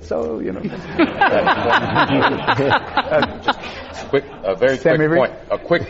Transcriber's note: laughter